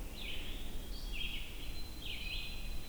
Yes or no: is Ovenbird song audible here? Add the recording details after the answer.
no. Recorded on 22 June 2016 at 05:10. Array SBT-6-76